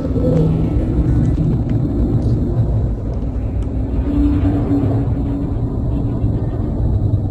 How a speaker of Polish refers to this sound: Tak, tak brzmi Mars.